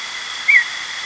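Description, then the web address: Lapland longspur giving a single short, slightly falling whistled note over a steady background hiss. "longspur"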